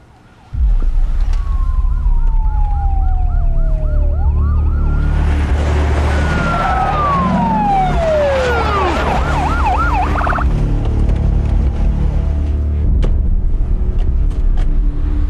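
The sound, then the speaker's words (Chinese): A police car siren wails in long rising and falling sweeps as the police car arrives, then breaks into a fast warbling yelp, all loud over a heavy engine rumble with no voices. “果然，警车开到，雷蒙德等人被收押归案”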